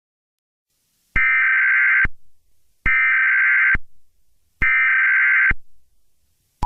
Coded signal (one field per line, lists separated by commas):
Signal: Emergency Alert System (SAME) tones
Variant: header bursts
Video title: EAS Scenario - Trollge (Part Two)